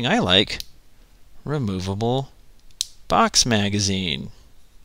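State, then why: Not seated. A removable plastic box magazine is handled beside an action figure's rifle while someone talks, with a few faint clicking and handling sounds between the words. The clip ends before the magazine goes in, and nothing has seated or clicked yet.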